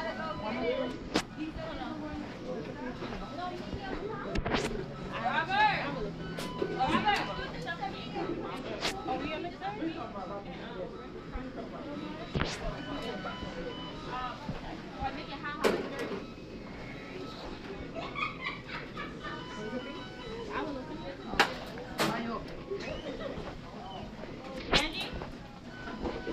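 Inside a busy fast food restaurant in New York City, voices chatter steadily over a low, constant hum. Sharp clatters and knocks cut through every few seconds, loudest near 12 and 21 seconds, with a brief low droning tone around 5 to 8 seconds.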